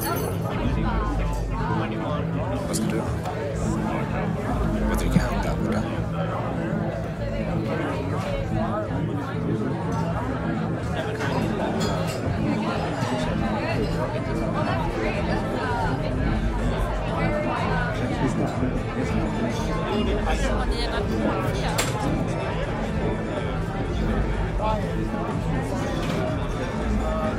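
Murmuring bar sounds: a dense, steady babble of many overlapping voices with no single conversation standing out. A low hum runs underneath throughout, and occasional short clinks and knocks cut through, one sharper hit near five seconds and another around twenty-two.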